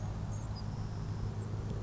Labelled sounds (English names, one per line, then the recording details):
Savannah Sparrow
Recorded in Sonoma County, California